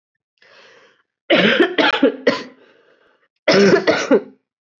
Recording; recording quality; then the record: heavy voluntary cough; excellent, no background noise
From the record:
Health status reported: COVID-19 positive, mild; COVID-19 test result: positive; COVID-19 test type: RT-PCR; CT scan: not taken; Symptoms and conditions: cough, cold, sore throat, muscle pain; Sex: female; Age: 26 years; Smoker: yes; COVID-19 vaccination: both doses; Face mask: not worn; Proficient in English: yes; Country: India